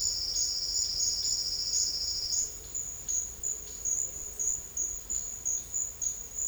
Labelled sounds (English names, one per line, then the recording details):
none
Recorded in secondary vegetation near Puerto Asís, Putumayo, Colombia, on 12 March 2025 at 12:30
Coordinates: 0.488, -76.319
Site G095